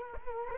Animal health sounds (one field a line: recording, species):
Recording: mosquito wingbeat signal from an infrared sensor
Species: Culex quinquefasciatus